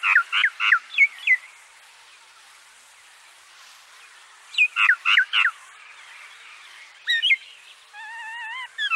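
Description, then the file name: Common myna calls in bursts of harsh, rapid chirping notes separated by pauses, with a brief wavering whistle near the end. "Indian Myna"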